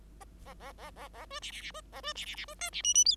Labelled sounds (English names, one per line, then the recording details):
Bengalese Finch song
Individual Bird5